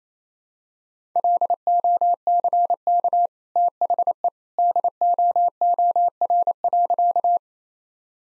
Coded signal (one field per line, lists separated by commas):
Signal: Morse code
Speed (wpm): 28 wpm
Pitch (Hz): 700 Hz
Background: none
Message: LOCK THE DOOR.